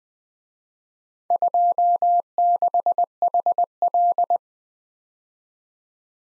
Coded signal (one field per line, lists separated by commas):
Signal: Morse code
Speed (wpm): 20 wpm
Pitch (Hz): 700 Hz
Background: none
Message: 26HL